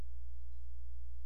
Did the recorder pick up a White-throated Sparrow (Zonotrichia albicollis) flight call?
no